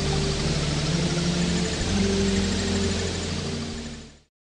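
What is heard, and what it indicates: A steady, rushing, noise-like background with faint low tones, the sound half of a bimodal tinnitus treatment. Short, slightly broadened tones, each mixing several tones with most energy at one frequency such as 1 kHz, come in rapid succession every 80 ms. It is less annoying than tinnitus symptom sounds and aims to make the brain sensitive to many sounds, distracting it from the tinnitus.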